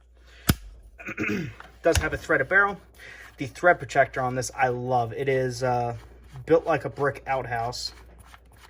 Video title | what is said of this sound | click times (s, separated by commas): The Stormtroopers Choice - Kriss Vector Review | they do not have any type of locking mechanism but they do have a very secure snap in place | 0.5 s